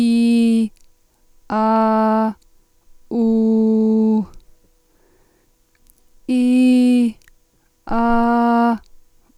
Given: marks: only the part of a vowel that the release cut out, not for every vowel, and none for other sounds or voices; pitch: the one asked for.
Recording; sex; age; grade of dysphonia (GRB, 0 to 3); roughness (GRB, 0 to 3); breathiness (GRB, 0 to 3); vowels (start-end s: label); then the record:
sustained vowels; female; 40 to 49 years; 2; 2; 0
0.00-0.57 s: vowel /i/, normal pitch
1.64-2.21 s: vowel /a/, normal pitch
3.27-4.11 s: vowel /u/, normal pitch
6.37-7.03 s: vowel /i/, high pitch
8.17-8.70 s: vowel /a/, high pitch
From the record:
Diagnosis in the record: superior laryngeal nerve lesion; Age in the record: 44 years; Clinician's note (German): Verdacht auf Diagnose